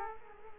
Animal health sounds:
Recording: mosquito wingbeat signal from an infrared sensor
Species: Culex quinquefasciatus

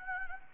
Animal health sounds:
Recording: mosquito wingbeat signal from an infrared sensor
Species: Anopheles gambiae

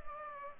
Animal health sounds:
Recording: mosquito wingbeat signal from an infrared sensor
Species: Culex pipiens

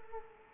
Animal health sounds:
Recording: mosquito wingbeat signal from an infrared sensor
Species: Culex quinquefasciatus

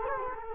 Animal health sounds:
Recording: mosquito wingbeat signal from an infrared sensor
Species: Culex quinquefasciatus

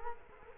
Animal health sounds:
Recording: mosquito wingbeat signal from an infrared sensor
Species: Culex quinquefasciatus

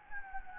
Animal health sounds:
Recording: mosquito wingbeat signal from an infrared sensor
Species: Anopheles gambiae

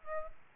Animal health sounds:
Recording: mosquito wingbeat signal from an infrared sensor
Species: Aedes albopictus

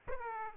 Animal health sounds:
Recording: mosquito wingbeat signal from an infrared sensor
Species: Aedes aegypti

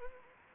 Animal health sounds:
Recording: mosquito wingbeat signal from an infrared sensor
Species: Anopheles gambiae

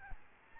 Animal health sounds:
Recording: mosquito wingbeat signal from an infrared sensor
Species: Aedes albopictus

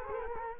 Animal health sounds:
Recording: mosquito wingbeat signal from an infrared sensor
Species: Culex quinquefasciatus

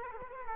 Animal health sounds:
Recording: mosquito wingbeat signal from an infrared sensor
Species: Culex quinquefasciatus

